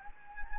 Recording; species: mosquito wingbeat signal from an infrared sensor; Anopheles gambiae